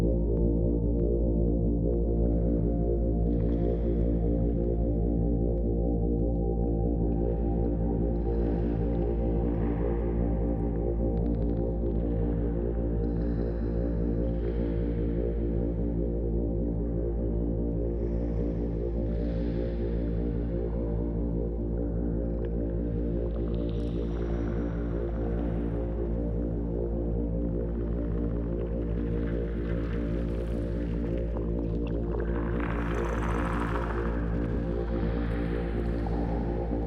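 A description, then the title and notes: A steady, low droning hum runs unbroken throughout, with soft airy swells and brighter washes drifting above it every few seconds. I created a background drone with a coastal/nautical feel to accompany the field recording in some way. I used a synthesiser that uses granular synthesis to create the drone and textures. Harbour sounds in Bali reimagined by id_23.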